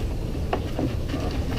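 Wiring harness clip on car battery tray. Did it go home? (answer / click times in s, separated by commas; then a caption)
released / 0.5 s. A wiring harness held by plastic clips is pulled straight up off the plastic battery tray of a Saab 9-3 Aero with a 6-speed transmission, during a transmission fluid change. A sharp, short pop is heard at 0.5 s as the clip releases, followed by a softer knock at 0.8 s over low background rumble.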